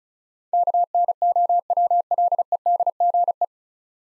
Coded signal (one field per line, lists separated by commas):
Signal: Morse code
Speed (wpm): 34 wpm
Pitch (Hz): 700 Hz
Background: none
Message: KNOWLEDGE